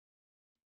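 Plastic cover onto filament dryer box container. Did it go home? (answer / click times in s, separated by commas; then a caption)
no / none. A plastic cover is pressed onto the emptied desiccant container of a Polymaker filament dryer box. After silence, a brief broadband handling sound comes at about 0.54–0.65 s. Nothing has seated or clicked yet.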